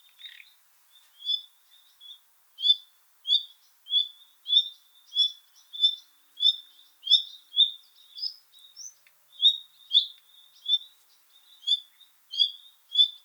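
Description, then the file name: Common nightingale giving short, clipped high notes at a mostly steady pitch, repeated in a long, slightly irregular series. "Luscinia megarhynchos"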